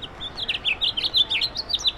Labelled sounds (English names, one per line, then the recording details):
House Finch song
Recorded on Long Island, New York, on 17 May 2012
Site AB
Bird C